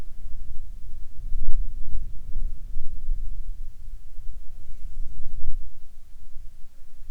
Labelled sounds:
wind, insects
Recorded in the Arctic National Wildlife Refuge, Alaska, on 7 July 2019 at 18:50
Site 41

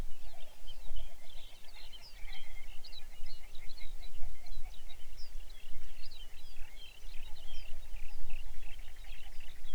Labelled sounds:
songbird, grouse or ptarmigan
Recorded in the Arctic National Wildlife Refuge, Alaska, on 23 May 2019 at 05:39
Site 49

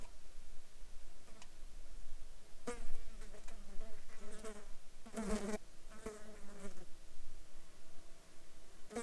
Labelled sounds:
insects
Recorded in the Arctic National Wildlife Refuge, Alaska, on 14 July 2019 at 21:19
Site 35

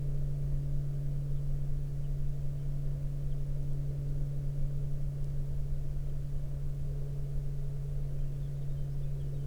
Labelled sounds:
songbird, aircraft
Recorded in the Prudhoe Bay oil fields, Alaska, on 23 May 2019 at 20:04
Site 14

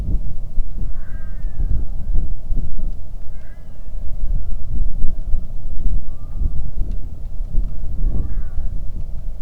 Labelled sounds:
loon, wind
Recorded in the Arctic National Wildlife Refuge, Alaska, on 3 August 2019 at 09:06
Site 46

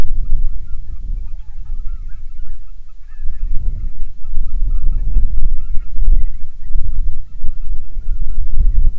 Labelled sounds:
waterfowl, wind
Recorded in the Prudhoe Bay oil fields, Alaska, on 6 August 2019 at 05:00
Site 22

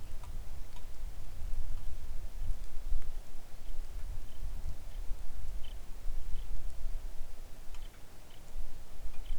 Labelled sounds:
songbird, wind, rain
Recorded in the Arctic National Wildlife Refuge, Alaska, on 3 August 2019 at 10:14
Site 41

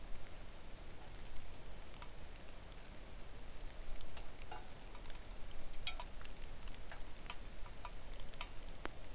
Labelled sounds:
rain
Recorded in the Arctic National Wildlife Refuge, Alaska, on 3 August 2019 at 09:43
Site 41

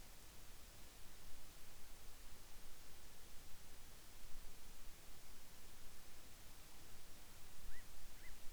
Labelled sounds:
bird
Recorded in the Arctic National Wildlife Refuge, Alaska, on 10 July 2019 at 18:06
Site 44

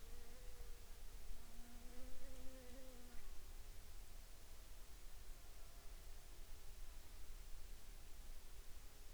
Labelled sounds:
insects
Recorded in the Arctic National Wildlife Refuge, Alaska, on 6 July 2019 at 20:53
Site 43

